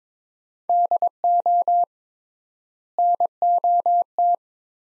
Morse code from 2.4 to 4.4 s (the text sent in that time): NOT